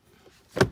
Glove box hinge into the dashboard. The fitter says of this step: that will click in and then you'll push it up and it should